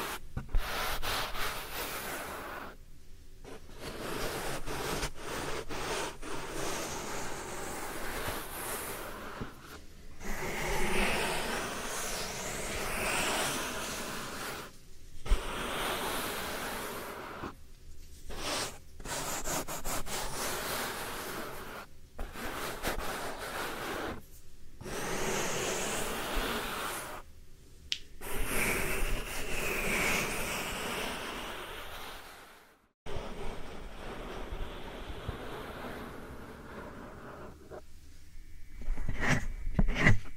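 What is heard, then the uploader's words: Soft powdery rubbing in an ear massage, a hushed, airy swishing that sweeps up and down like surf. Strokes run in stretches of a few seconds, broken by brief silent gaps around 3, 10, 15, 18, 22, 28 and 33 seconds. The last part is quieter, with a few light taps at the end. ASMR Real Soft Powder Ear Massage (No Talking).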